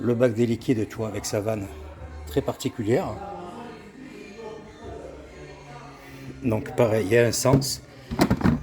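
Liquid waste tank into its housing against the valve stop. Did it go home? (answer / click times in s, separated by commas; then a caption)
yes / 8.2 s, 8.3 s. A camper's liquid waste tank, with its particular valve, is lined up in the right direction and pushed into its housing against the valve stop while someone talks. Two sharp clicks at 8.2 s and 8.3 s mark it clipping into the valve seat, and it is now seated and locked in place like a cassette.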